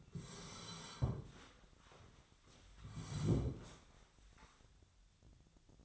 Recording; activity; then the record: daily activity, microphone in the room; sit down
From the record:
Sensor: 3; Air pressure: 1015.2 hPa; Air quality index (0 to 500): 148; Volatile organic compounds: 8 ppm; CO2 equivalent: 2106 ppm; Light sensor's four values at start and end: 15/38/15/16 and 15/39/15/17